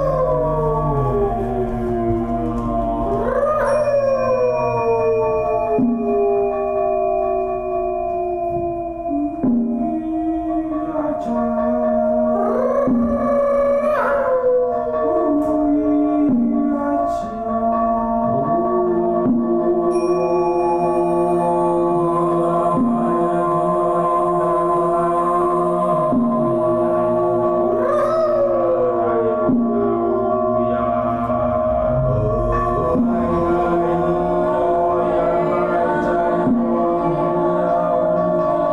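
Voices hum and sing long, gliding tones over a crystal singing bowl's steady ringing drone, with pitches bending and sliding throughout.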